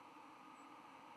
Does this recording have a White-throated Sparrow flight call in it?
yes